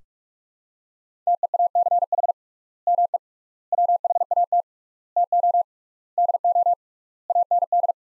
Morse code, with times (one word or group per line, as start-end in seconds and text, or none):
1.3-2.3 TEACH
2.9-3.2 ME
3.7-4.6 WHAT
5.2-5.6 TO
6.2-6.7 DO
7.3-7.9 AND